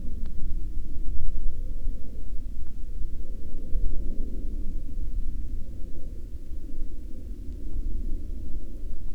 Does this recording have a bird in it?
no